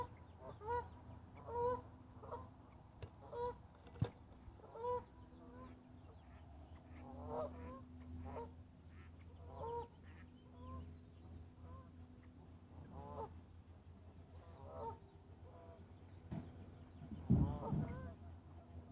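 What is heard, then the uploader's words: Geese honk again and again at a lake, short nasal calls arriving in loose bursts every second or so. A low, steady rumble hums underneath throughout, and near the seventeenth second one loud, rising honk stands out above the rest. A day at the lake.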